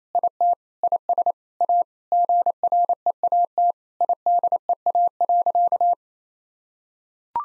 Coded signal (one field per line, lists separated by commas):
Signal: Morse code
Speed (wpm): 28 wpm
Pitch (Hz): 700 Hz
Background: none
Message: IT IS A GREAT IDEA.